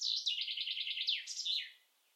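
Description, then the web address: Common chaffinch song, a brisk high trill of even repeated notes followed by a swooping terminal flourish, then quiet. "cianscape birddata Deverinetal 2025 File origin Bird Only Fr Co"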